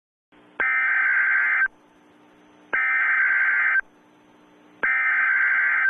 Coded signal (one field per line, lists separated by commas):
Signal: Emergency Alert System (SAME) tones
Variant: header bursts